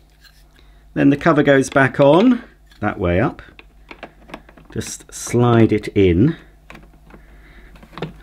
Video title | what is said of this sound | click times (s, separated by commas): Numatic Henry 180 Plus Unboxing & First Look | make sure it's in properly there you go push it in until it clicks firmly in place | 8.0 s